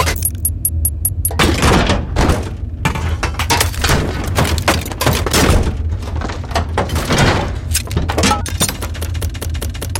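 Mechanical clatter of metal parts, with a steady low rumble underneath and dense, irregular knocks and scrapes of gears and fittings throughout. A sharp metallic rattle rises near two seconds, and a faint high ringing chirps at the start.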